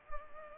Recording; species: mosquito wingbeat signal from an infrared sensor; Culex pipiens